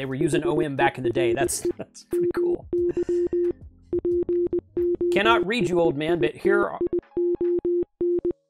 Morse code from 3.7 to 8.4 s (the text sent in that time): POSITION